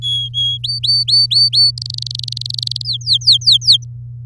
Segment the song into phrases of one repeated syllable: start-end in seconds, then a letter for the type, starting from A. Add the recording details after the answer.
0.02-0.58 A, 0.64-1.71 B, 1.77-2.82 C, 2.85-3.84 D. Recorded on 7 May 2018 at 14:02. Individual llb16